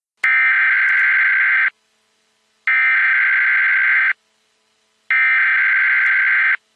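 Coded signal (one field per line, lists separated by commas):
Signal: Emergency Alert System (SAME) tones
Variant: header bursts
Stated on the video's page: Fictional EAS scenario, simulated alert.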